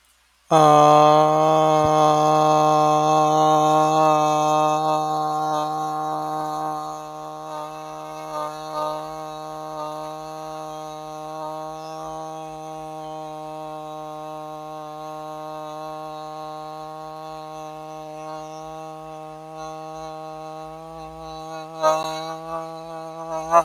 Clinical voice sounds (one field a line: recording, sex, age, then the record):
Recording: vowel held as long as possible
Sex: male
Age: 30 to 39 years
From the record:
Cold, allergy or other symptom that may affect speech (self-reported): no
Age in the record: 33 years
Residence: Florida, United States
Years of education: 14